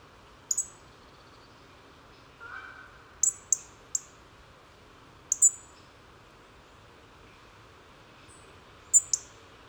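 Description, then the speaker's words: European robin ticking: short, sharp, high clicks given singly or in quick pairs at irregular intervals. Small clicking tick calls of a robin, recorded early on a weekday autumn morning in the Bois de Vincennes, Paris, with commuter traffic audible. "les petits cliquetis d'un rouge-gorge."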